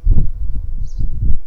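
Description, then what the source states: Garden bumblebee buzzing in a steady droning hum with even overtones, broken by low thumping rumbles that come and go throughout. Worker bees.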